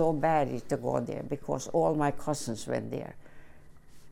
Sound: none

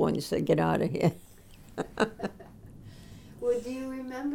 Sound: laughing

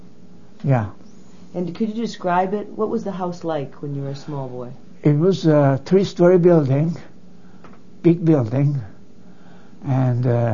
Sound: none

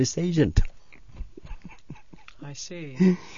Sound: he laughs

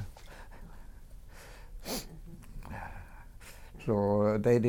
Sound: sniffs

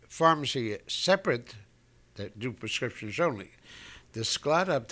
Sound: none

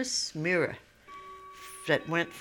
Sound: a clock chimes

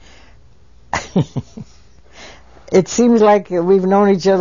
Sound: she laughs

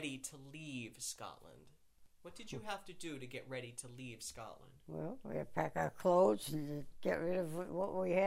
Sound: none

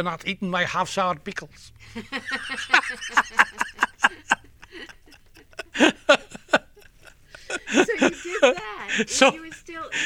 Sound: they laugh

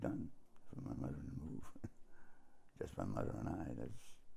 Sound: chuckles

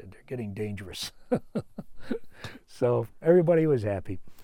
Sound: laughs

